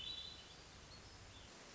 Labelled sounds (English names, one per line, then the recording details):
Hermit Thrush
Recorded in Sonoma County, California